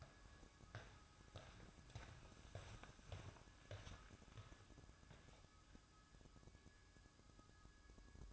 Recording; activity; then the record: daily activity, microphone in the room; walk to room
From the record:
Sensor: 2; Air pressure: 1008.1 hPa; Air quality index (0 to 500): 115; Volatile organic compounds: 1 ppm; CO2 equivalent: 857 ppm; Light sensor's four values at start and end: 8/19/8/8 and 8/19/8/8